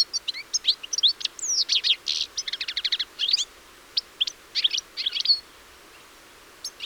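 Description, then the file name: European Goldfinch chattering: a burst of quick, sharp, high chirps and a few buzzy notes over about five seconds, then near silence with a couple of final chirps. "Carduelis carduelis"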